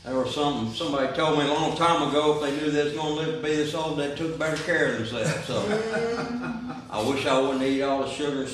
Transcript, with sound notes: There was something, somebody told me a long time ago, if they knew this was gonna be this old, they'd took better care of themselves. (laughing) I wish I wouldn't eat all the sugar and stuff.